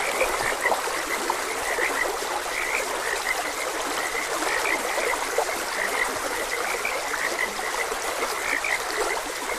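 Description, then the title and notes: Frog croaks repeat in an unbroken overlapping chorus while water runs steadily in the background. Frogs croaking beside a gentle stream. "Frogs Croaking. Sleep and Relaxation Podcast"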